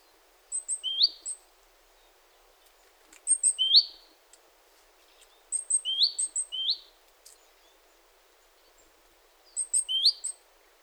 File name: Parus major